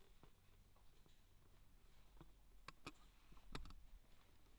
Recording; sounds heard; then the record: poultry house recording; no chicken sound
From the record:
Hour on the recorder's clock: 23